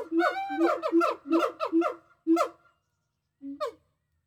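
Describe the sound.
Gibbon hooting, several quick whooping notes in a row with rising and falling pitch, a pause, then one last hoot.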